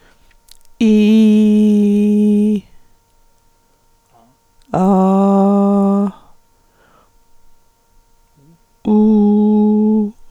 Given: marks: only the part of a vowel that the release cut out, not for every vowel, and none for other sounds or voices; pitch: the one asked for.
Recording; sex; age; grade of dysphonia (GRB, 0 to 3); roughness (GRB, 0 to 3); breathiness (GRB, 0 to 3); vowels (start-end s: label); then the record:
sustained vowels; female; 60 to 69 years; 3; 3; 0
0.88-2.40 s: vowel /i/, low-high-low pitch
4.82-6.01 s: vowel /a/, low-high-low pitch
8.93-9.96 s: vowel /u/, low-high-low pitch
From the record:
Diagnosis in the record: hyperfunctional dysphonia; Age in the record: 66 years